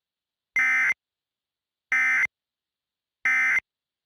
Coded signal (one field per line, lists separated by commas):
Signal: Emergency Alert System (SAME) tones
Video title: Burning Earth: Remastered (EAS Christmas Special)